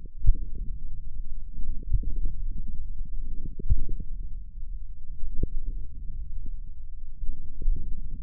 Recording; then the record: forearm muscle sounds (acoustic myography)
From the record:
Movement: wrist extension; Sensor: system 1, eight BSWA MPA416 microphones around the upper forearm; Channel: 8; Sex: male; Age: 42 years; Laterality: right